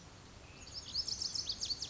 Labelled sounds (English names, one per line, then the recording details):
Lazuli Bunting
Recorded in Sonoma County, California